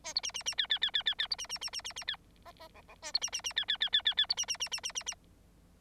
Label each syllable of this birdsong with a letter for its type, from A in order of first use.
A B C C C D D D D D D B C C C C C C D E E F F A B C C C D D D D D D B C C C C C C C